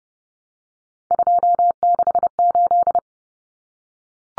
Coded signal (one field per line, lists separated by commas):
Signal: Morse code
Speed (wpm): 30 wpm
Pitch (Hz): 700 Hz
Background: none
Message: 268